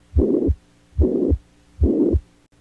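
Three regular heartbeats at about 72 a minute in an adult heart. Each first heart sound runs into a soft, even whooshing sound that fills the gap before a crisp second sound. This is an innocent systolic ejection murmur, heard lying flat (supine), a harmless flow sound.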